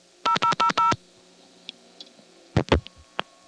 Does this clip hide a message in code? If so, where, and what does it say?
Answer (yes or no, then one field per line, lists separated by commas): yes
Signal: DTMF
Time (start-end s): 0.3-0.9 s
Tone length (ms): 100 ms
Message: 0000